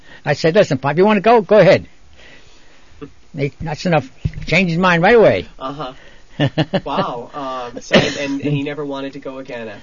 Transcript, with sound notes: I said, "Listen Pop, you want to go, go ahead." That's enough. He changed his mind right away. (he laughs)
Wow! And he never wanted to go again after that?